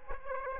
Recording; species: mosquito wingbeat signal from an infrared sensor; Aedes aegypti